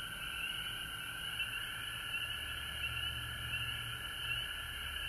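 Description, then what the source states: Frogs calling together in a steady chorus of overlapping high trills, with a low hum in the background. Frogs recorded at home in Georgia on March 19, 2020.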